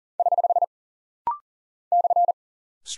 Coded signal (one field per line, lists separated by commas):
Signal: Morse code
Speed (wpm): 39 wpm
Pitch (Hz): 700 Hz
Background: none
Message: <HH> /